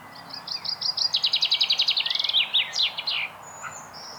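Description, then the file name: Common chaffinch song: a rattling series of many bright notes that steps downward in pitch, ending in a sweeping flourish. "Fringilla coelebs"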